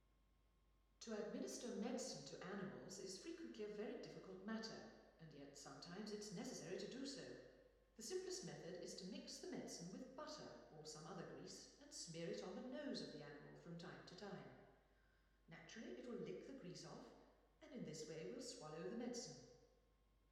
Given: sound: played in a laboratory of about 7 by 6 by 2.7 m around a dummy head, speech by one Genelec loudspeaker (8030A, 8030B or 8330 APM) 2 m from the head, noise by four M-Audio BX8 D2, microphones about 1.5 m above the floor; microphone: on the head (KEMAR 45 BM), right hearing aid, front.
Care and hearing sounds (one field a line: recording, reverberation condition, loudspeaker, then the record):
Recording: female speech in English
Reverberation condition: high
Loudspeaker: 120 degrees to the right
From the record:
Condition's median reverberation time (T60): about 1300 ms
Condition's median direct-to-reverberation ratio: about -4.0 dB